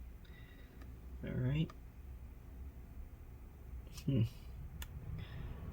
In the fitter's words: don't know if they damage this piece because it's not locking in properly let me make sure